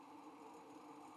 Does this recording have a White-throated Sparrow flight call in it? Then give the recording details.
no. No flight call is heard. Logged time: 04:24 on 5 December 2014